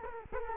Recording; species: mosquito wingbeat signal from an infrared sensor; Culex quinquefasciatus